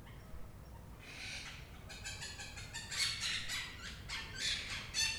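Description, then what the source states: Parakeets calling with rasping, screeching bursts that start after a second of quiet and grow louder toward the end. Recorded 11 March 2022.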